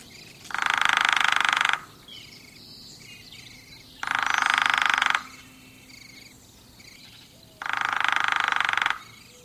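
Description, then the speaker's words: Hairy woodpecker drumming, three rapid, evenly paced rolls of about a second each, spaced a few seconds apart. Played as a mystery sound; the drum is rapid and evenly paced. "that was the drumming of a hairy woodpecker."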